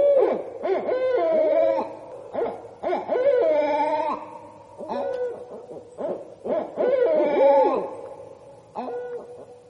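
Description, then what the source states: Barred Owl cackling: several loud bouts of hoots, whinnying cackles and sliding wails, with short pauses between them. Barred owls; the host says they are due to begin nesting and laying eggs at this time.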